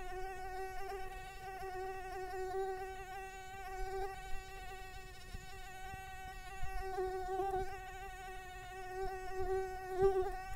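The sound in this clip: Insect wing buzz, a continuous droning whine that swells and dips in loudness across ten seconds, with faint clicks and rustles underneath.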